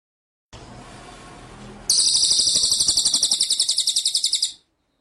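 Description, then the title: White-rumped shama song: a fast, even, buzzy trill of high notes lasting more than two seconds after a soft lead-in. Masteran (training) track of full song featuring the 'ngerol' rolling and 'nembak' shooting song styles. "Masteran Murai Batu Full Ngerol Nembak"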